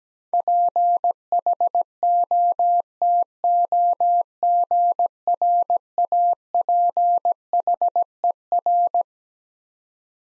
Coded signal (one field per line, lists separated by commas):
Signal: Morse code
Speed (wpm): 17 wpm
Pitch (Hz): 700 Hz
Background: none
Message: PHOTOGRAPHER